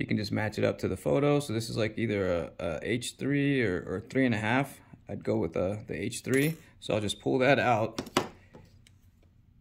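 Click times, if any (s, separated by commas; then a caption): 8.9 s. Someone talks while choosing an H3 hex bit from a set and pulling it out. The bit is then pushed into the quick-release holder of a driver, where it clicks in and seats at 8.9 s.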